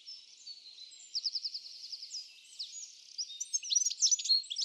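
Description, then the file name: European goldfinch twittering song of high tinkling notes, with a quick repeated trill early on and busier phrases toward the end. "Carduelis carduelis"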